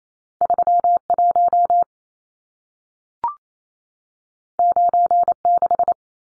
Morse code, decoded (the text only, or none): 31 96